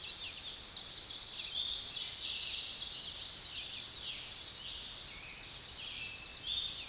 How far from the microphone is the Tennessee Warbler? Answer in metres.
about 50 m